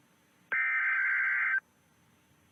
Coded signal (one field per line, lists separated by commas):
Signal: Emergency Alert System (SAME) tones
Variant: header bursts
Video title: Are EAS Scenarios Realistic JayFeather Edition